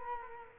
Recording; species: mosquito wingbeat signal from an infrared sensor; Culex quinquefasciatus